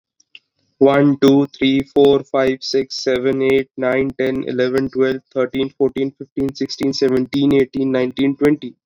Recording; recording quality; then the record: counting at a normal pace; excellent, no background noise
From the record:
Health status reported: COVID-19 positive, mild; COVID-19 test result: positive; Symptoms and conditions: cough, cold, sore throat, fever, fatigue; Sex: male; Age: 26 years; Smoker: not ticked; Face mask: not worn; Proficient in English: yes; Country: India